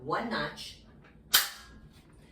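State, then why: Seated. Someone talks briefly, then the seat of an adjustable metal workout bench is raised by one notch and its seat adjustment pin snaps into the notch with a sharp click at 1.3 s. The pin is seated and the seat is locked in place, since the bench clicked.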